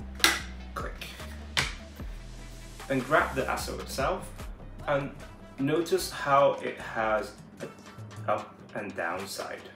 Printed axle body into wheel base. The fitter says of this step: until you hear that satisfying click